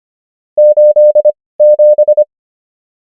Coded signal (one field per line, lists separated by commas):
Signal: Morse code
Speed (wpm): 25 wpm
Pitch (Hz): 600 Hz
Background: none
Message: 87